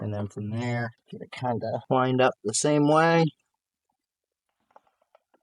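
An oil filter cartridge is lined up the same way as the old one for the filter housing in a Honda Pioneer 500 engine while someone talks through the first three seconds. After that it goes quiet apart from a few faint, brief handling ticks near the end. Nothing has seated or clicked into place yet.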